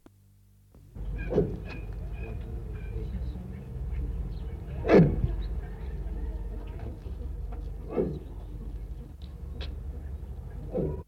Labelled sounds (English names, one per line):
Kori Bustard call